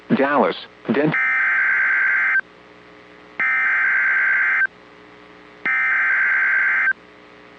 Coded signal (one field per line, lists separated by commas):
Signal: Emergency Alert System (SAME) tones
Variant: header bursts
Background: speech